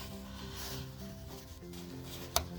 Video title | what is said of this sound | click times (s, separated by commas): Reinstalling Rear Fuel Tank Back into your 1992-97 OBS Ford F150 | You hear it click? | 2.4 s